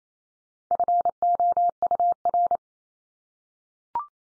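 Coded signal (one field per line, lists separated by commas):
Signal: Morse code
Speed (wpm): 28 wpm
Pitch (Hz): 700 Hz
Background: none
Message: FOUR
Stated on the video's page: Common-word head-copy practice at 28 wpm, each word sent three times in Morse.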